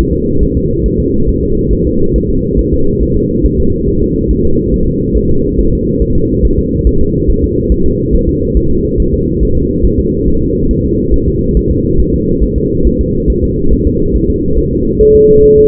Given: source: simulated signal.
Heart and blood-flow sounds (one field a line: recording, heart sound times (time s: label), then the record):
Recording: fetal heart sounds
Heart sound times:
0.13 s: S2
0.43 s: S1
0.57 s: S2
0.86 s: S1
1.00 s: S2
1.29 s: S1
1.43 s: S2
1.73 s: S1
1.87 s: S2
2.16 s: S1
2.30 s: S2
2.59 s: S1
2.73 s: S2
3.03 s: S1
3.17 s: S2
3.46 s: S1
3.60 s: S2
3.88 s: S1
4.03 s: S2
4.31 s: S1
4.45 s: S2
4.74 s: S1
4.88 s: S2
5.17 s: S1
5.31 s: S2
5.59 s: S1
5.73 s: S2
6.02 s: S1
6.16 s: S2
6.45 s: S1
6.59 s: S2
6.87 s: S1
7.01 s: S2
7.30 s: S1
7.44 s: S2
7.72 s: S1
7.86 s: S2
8.15 s: S1
8.29 s: S2
8.57 s: S1
8.71 s: S2
9.00 s: S1
9.14 s: S2
9.43 s: S1
9.57 s: S2
9.85 s: S1
10.00 s: S2
10.28 s: S1
10.42 s: S2
10.71 s: S1
10.85 s: S2
11.14 s: S1
11.28 s: S2
11.57 s: S1
11.71 s: S2
12.00 s: S1
12.14 s: S2
12.43 s: S1
12.58 s: S2
12.87 s: S1
13.01 s: S2
13.30 s: S1
13.44 s: S2
13.73 s: S1
13.87 s: S2
14.16 s: S1
14.30 s: S2
14.58 s: S1
14.73 s: S2
15.01 s: S1
15.15 s: S2
15.44 s: S1
15.58 s: S2
From the record:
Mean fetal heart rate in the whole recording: 140 bpm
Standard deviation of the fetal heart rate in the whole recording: 2 bpm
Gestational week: 34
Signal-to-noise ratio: -16.4 dB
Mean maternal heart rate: 72 bpm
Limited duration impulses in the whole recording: present